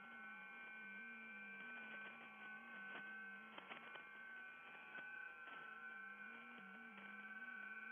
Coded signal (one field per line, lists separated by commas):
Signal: FT8